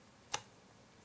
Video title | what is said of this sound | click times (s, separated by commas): SSD Upgrades MacBook Pro and MacPro | there just snap right in | 0.3 s